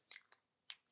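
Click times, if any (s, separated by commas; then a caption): 0.1 s, 0.7 s. A plastic cap is pushed back onto a Boss Bottled Elixir fragrance bottle, giving short, sharp clicks at 0.1 s and 0.7 s, with smaller ticks in between. The cap clicks on only loosely and does not seat snugly; it needs to click in better.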